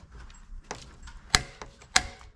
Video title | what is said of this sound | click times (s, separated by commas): Consumer Unit Upgrade - Live Testing ZE PFC - Electrician | just did that one already so just give it a couple of little clicks make sure | 1.3 s, 2.0 s